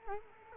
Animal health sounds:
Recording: mosquito wingbeat signal from an infrared sensor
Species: Culex quinquefasciatus

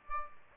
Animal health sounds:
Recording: mosquito wingbeat signal from an infrared sensor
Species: Aedes albopictus

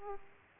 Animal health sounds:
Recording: mosquito wingbeat signal from an infrared sensor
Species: Aedes aegypti

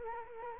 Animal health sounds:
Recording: mosquito wingbeat signal from an infrared sensor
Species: Culex quinquefasciatus

